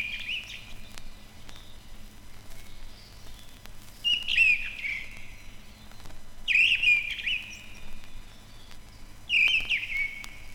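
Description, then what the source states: Mistle Thrush song: several short, ringing whistled phrases at intervals, over a quiet background hum. Heard only occasionally in old pine forest; the song is described as beautiful.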